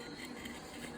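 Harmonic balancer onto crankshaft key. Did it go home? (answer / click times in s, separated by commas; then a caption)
no / none. A steel harmonic balancer is turned on the crankshaft snout of a new engine for a 1978 GMC so its keyway lines up with the crankshaft key. Only steady, even background noise with no distinct hits is heard. Nothing has seated or clicked into place yet.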